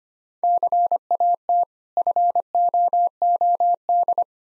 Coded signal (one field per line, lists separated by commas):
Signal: Morse code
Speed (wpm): 25 wpm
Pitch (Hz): 700 Hz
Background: none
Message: CAT FOOD